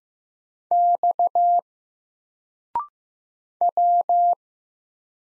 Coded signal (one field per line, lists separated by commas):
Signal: Morse code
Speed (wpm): 15 wpm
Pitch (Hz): 700 Hz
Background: none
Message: X W